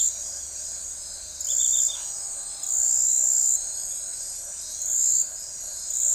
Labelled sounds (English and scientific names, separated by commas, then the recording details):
none
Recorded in forest near Pivijay, Magdalena, Colombia, on 3 June 2023 at 21:00
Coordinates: 10.467, -74.380
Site Z5-G034